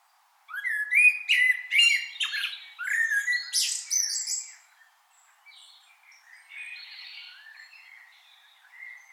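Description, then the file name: Common blackbird calls: a rapid series of loud squawking, rising notes in the first four seconds, trailing into softer, thin, drawn-out squeaks. "Turdus merula"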